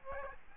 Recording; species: mosquito wingbeat signal from an infrared sensor; Aedes aegypti